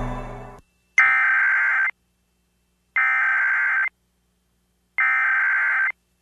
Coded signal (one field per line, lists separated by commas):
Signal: Emergency Alert System (SAME) tones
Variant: header bursts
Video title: National EAS Test 9 November 2011